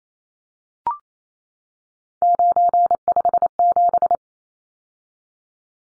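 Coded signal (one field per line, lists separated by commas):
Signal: Morse code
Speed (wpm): 28 wpm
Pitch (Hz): 700 Hz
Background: none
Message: 957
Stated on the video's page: Morse code practice of three-digit numbers at 28 wpm for head-copy.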